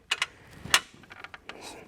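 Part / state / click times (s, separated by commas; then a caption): tilt handle latch of a hitch-mounted platform bike rack / seated / 0.7 s. The tilt handle latch on a RockyMounts MonoRail hitch-mounted platform bike rack for three bikes snaps into place at 0.7 s as the frame is lifted back up to the riding position, locking it so it won't fall back down. A few lighter clicks and taps come before and after the latch.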